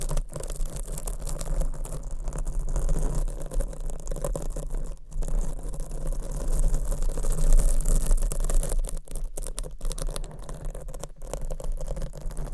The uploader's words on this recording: Mic Scratching - Brain Scratching with 50 DIFFERENT MICS Covers & Nails. No Talking.